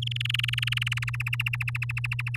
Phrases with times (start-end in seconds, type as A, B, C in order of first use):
0.02-1.10 A, 1.13-2.37 B